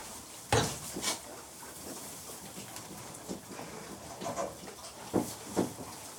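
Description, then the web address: Pigs feeding, with a few low grunts among sharp clanks and knocks spaced irregularly throughout. Pigs being fed as livestock. "The BBC Sound Effects Library Livestock Feeding Pigs"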